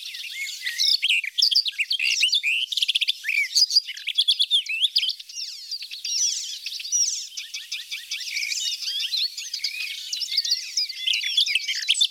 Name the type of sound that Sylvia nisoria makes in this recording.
song